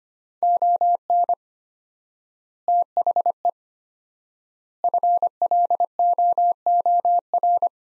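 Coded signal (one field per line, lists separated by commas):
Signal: Morse code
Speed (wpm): 25 wpm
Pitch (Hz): 700 Hz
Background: none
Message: ON THE FLOOR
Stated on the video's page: Morse phrase-copy practice at 25 wpm, sets of three words with 4x word spacing, similar to the Farnsworth method; words sent, spoken, then sent again.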